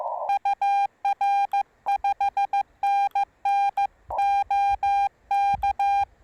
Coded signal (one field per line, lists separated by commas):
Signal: Morse code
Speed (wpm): 15 wpm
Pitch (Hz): 810 Hz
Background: none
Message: UR 5NN OK